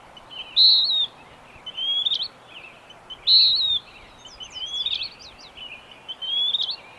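Bird song of loud descending whistled notes alternating with quieter rising phrases, several repeats, over steady hiss.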